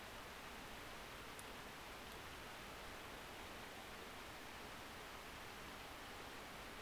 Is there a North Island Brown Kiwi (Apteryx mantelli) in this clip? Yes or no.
no